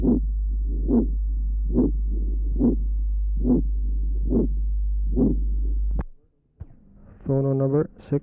Patient has severe aortic stenosis. Recording taken at aortic area. The ejection systolic murmur in this area and the single second sound.